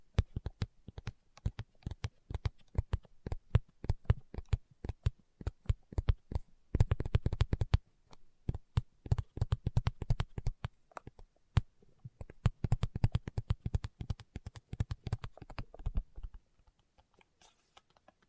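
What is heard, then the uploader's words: Fingertips tap in quick, uneven bursts, each tap a sharp click with a dull low thump beneath it. The taps come in dense flurries with brief pauses, thickest around seven seconds and again from twelve to sixteen, then thin out and stop near seventeen seconds. ASMR Tapping with Fingertips (No Talking).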